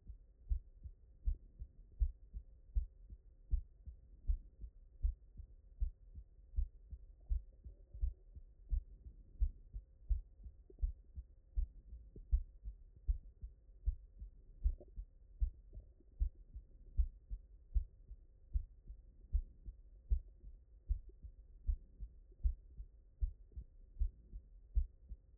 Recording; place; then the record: heart sounds by stethoscope; mitral valve (MV)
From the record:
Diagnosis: non-HFrEF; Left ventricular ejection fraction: 60%